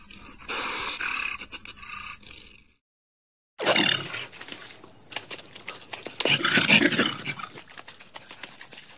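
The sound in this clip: Wolverine growling: a raspy, noisy snarl for about two and a half seconds, a short silence, then a rougher stretch of rapid harsh pulses and huffs.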